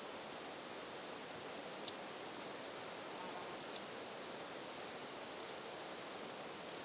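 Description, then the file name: Crickets keep up a continuous high-pitched shimmering trill, overlaid with gentle pulsing chirps and a faint background hiss. Crickets at night. "Night Sounds, Cricket Sounds, Sounds of Nature Zone"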